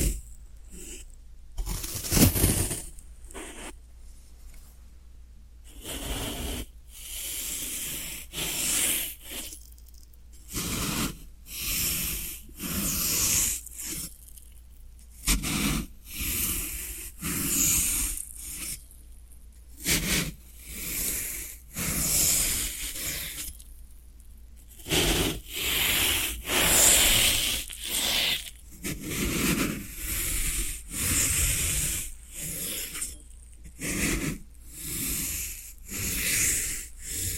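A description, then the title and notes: Floral foam is rubbed and crumbled, making dry, bright, crackly scraping bursts that come in irregular strokes every second or two, separated by brief near-silent pauses. A faint low hum sits steadily underneath throughout. ASMR Satisfying Tingle Stimulating Floral Foam Sounds for Sleep (No Talking).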